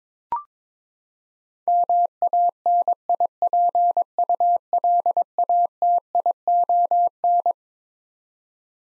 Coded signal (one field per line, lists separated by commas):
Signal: Morse code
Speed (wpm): 22 wpm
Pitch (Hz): 700 Hz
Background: none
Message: MANIPULATION